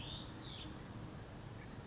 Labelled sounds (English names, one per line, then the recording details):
California Towhee
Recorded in Sonoma County, California